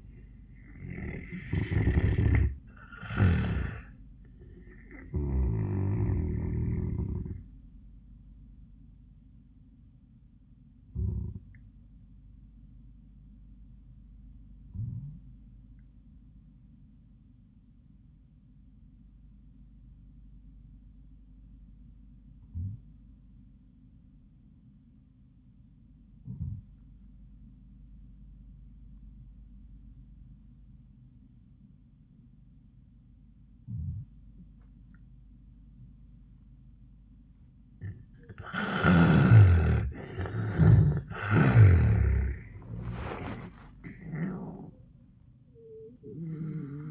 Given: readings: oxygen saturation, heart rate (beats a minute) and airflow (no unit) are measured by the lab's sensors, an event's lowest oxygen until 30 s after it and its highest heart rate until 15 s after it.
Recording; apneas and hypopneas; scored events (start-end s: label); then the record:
breathing in sleep by a smartphone at the bedside; 1
9.00-38.90 s: hypopnea (N1, oxygen 97% highest, then 78% lowest, heart rate 83 at the start, 93 highest)
15.00-45.00 s: new sleep stage, N2 (light sleep)
45.00-46.91 s: new sleep stage, N1 (lightest sleep)
From the record:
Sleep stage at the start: N1 (lightest sleep); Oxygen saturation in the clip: 80 to 97%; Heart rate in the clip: 73 to 95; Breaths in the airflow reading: 8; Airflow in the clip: -16.4 to 11.8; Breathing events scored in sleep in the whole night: 400 in 8.7 hours asleep